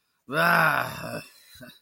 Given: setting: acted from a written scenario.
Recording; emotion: vocal sound without words; disappointment